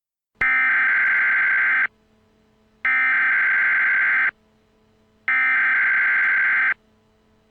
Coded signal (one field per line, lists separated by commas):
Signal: Emergency Alert System (SAME) tones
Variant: header bursts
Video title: EAS Scenario - AndrewSilverman's Old Channel Invasion By Zakkujennasei (REMASTERED) [Fixed Version]